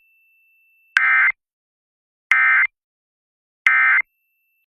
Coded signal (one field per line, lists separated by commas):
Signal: Emergency Alert System (SAME) tones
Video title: Thunderstorms, Yes | 3/11/26 EAS Alert Compilation (EAS #3096-3107)